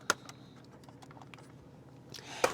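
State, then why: Seated. A body panel of a 1:8 scale diecast Agora Models 007 Aston Martin DB5 (James Bond, No Time To Die) is pressed down onto the model's chassis and clicks into place with a sharp, bright snap at 0.1 s. Faint ticks and small handling noises follow, then another short, louder tap near 2.4 s. The panel is seated.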